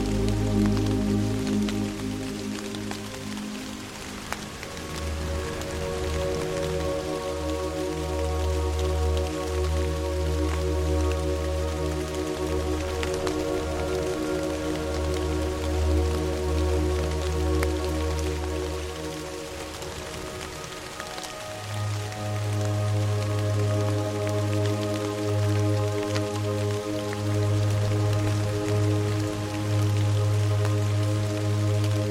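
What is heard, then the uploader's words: Steady, dense rain patter fills the background while low sustained tones hold beneath, shifting pitch around five and twenty-one seconds. 4Hz Delta Wave Binaural Soundscape. Delta wave frequency binaural beats with a relaxing rain ambiance.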